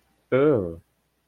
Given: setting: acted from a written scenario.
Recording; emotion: vocal sound without words; disgust